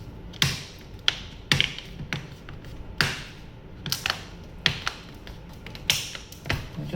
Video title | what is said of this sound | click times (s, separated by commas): Repairing broken glass window pane | You just push it together and it snaps right in. | 0.4 s, 1.1 s, 1.5 s, 3.0 s, 4.7 s